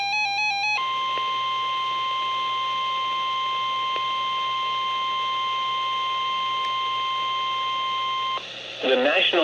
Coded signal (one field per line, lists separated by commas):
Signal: Emergency Alert System (SAME) tones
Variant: 1050 Hz attention tone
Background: speech, music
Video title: October 27 - December 31, 2021 EAS Compilation (EAS #2393-2402)